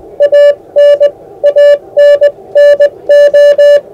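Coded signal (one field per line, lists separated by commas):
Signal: Morse code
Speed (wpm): 19 wpm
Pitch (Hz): 580 Hz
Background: music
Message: AN ANNO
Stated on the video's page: Re-transmission of the historic VE Day message from Bletchley Park to Camp X, sent by radio clubs on the 70th anniversary.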